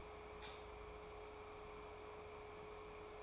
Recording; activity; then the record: daily activity, microphone in the room; light on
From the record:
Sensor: 1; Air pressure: 1010.3 hPa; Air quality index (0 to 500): 171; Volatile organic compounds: 12 ppm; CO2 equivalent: 2355 ppm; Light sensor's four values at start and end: 52/135/56/70 and 56/150/61/75